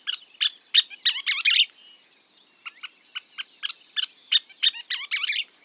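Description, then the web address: Scissor-tailed Flycatcher giving sharp, dry chattering notes, a rapid burst of sputtering calls, a pause, then a second looser series of clipped notes ending in a sputter. "Audubon calls scissortailedflycatcher"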